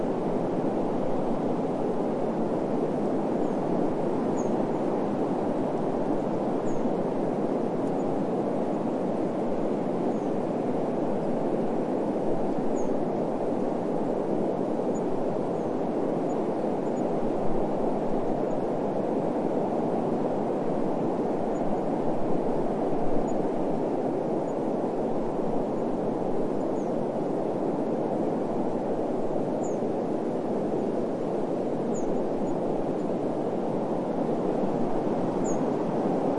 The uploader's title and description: Wind Over Pink Lake. A light breeze turns into a cooler wind. The leaves rustle, the lake ripples, the wind placates the heat.